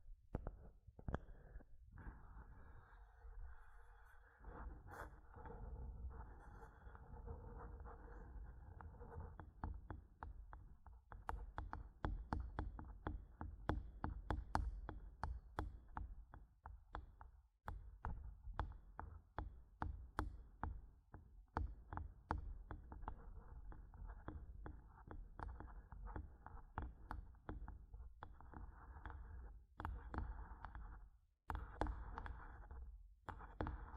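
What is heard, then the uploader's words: Mic tapping and scratching runs through the whole clip: a dense, rough scratching bed, mostly low and mid, with brief pauses near 2, 17 and 31 seconds. Sharp taps punctuate it irregularly, clustering quickly between about 10 and 30 seconds. ASMR Mic Tapping and Scratching (No Talking).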